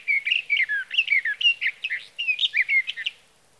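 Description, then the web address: Sage thrasher song of hurried warbled phrases, many slurred downward, strung together in a lively, continuous flow lasting over three seconds. "birdsongforthecurious Sage Thrasher"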